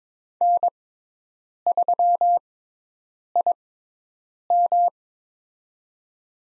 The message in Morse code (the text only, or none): N3IM